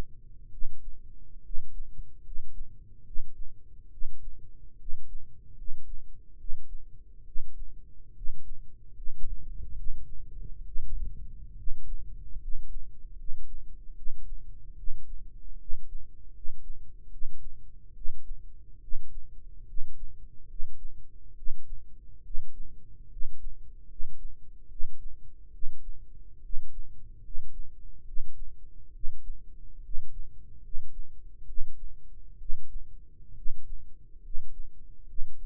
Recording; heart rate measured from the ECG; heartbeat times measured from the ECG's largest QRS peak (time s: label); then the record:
heart sounds by microphone in the right ear; 71 bpm
0.47 s: heartbeat
1.39 s: heartbeat
2.19 s: heartbeat
3.00 s: heartbeat
3.87 s: heartbeat
4.74 s: heartbeat
5.52 s: heartbeat
6.34 s: heartbeat
7.21 s: heartbeat
8.10 s: heartbeat
8.90 s: heartbeat
9.72 s: heartbeat
10.61 s: heartbeat
11.52 s: heartbeat
12.36 s: heartbeat
13.12 s: heartbeat
13.91 s: heartbeat
14.72 s: heartbeat
15.54 s: heartbeat
16.29 s: heartbeat
17.06 s: heartbeat
17.90 s: heartbeat
18.77 s: heartbeat
19.62 s: heartbeat
20.43 s: heartbeat
21.31 s: heartbeat
22.19 s: heartbeat
23.06 s: heartbeat
23.83 s: heartbeat
24.65 s: heartbeat
25.48 s: heartbeat
26.38 s: heartbeat
27.18 s: heartbeat
28.01 s: heartbeat
28.89 s: heartbeat
29.78 s: heartbeat
30.57 s: heartbeat
31.42 s: heartbeat
32.35 s: heartbeat
33.31 s: heartbeat
34.18 s: heartbeat
35.03 s: heartbeat
From the record:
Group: healthy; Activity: rest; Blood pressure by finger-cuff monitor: 104/58 mmHg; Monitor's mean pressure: 68 mmHg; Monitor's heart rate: 70 bpm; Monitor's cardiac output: 7.6 L/min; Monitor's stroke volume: 107 mL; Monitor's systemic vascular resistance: 630 dyn s/cm5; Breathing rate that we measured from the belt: 17 breaths a minute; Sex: male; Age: 22 years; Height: 185 cm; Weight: 112.4 kg